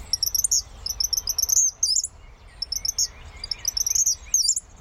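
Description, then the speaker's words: Chipmunk chip trill: rapid high chips in quick bursts, several series, over a faint low background. Chip trill given when a chipmunk tells another chipmunk to back off; it can be mistaken for an eastern kingbird. "It's really the chip trill call of a chipmunk, given when they're telling another chipmunk to back off."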